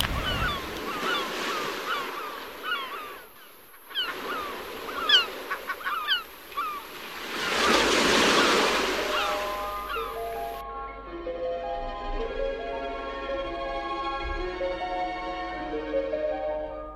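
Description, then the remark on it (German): Surf rushes and washes in a broad hiss on the beach at Premia de Mar in bright sunshine, swelling to a loud crash midway, with rapid squawking bird calls over it before steady layered tones take over. “Gelesen am Strand von Premia de Mar, bei herrlichem Sonnenschein und Wellenrauschen.”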